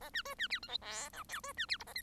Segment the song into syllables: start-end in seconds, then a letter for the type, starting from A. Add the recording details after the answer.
0.01-0.10 A, 0.13-0.23 B, 0.25-0.35 C, 0.38-0.47 B, 0.50-0.60 D, 0.62-0.68 E, 0.68-0.78 F, 0.81-1.10 G, 1.13-1.23 H, 1.28-1.41 I, 1.43-1.53 C, 1.56-1.66 B, 1.68-1.77 D, 1.79-1.84 J, 1.86-1.94 A, 1.95-2.02 K. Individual Bird1